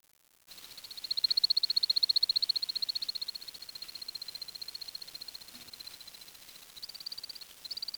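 Bird giving a long, even series of high notes, about three per second, holding steady in pitch and briefly rising near the end.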